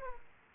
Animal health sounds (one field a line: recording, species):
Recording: mosquito wingbeat signal from an infrared sensor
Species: Aedes aegypti